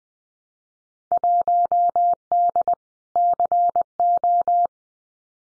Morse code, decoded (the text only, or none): 1D CO